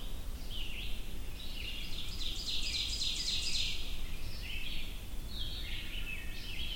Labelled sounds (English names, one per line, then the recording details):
Ovenbird song
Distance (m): 40 m
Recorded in boreal forest in Alberta, Canada, on 22 June 2016 at 05:30
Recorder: SongMeter 3, array SBT-6-76
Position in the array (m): 17 m, 104 m
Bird 2